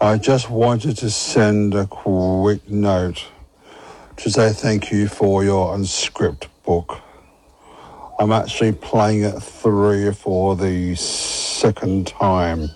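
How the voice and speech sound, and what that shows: An adult man who stutters, with a low, steady, powerful voice, reads a short thank-you message at a measured pace. A held sound stalls the start of "quick", "the" is drawn out, and long gaps separate the phrases: signs of adult stuttering, mostly controlled.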